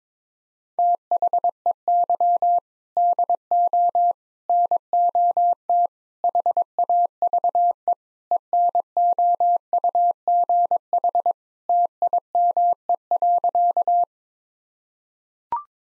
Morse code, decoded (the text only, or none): THEY DO NOT HAVE ENOUGH TIME.